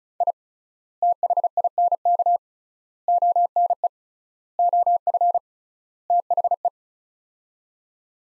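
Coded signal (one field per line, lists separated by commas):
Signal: Morse code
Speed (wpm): 36 wpm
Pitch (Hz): 700 Hz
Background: none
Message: I THINK ONE OF THE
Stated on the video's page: Morse practice of five-word sets at 35wpm with 3x word spacing, a Farnsworth-like method, each set sent in Morse before being spoken.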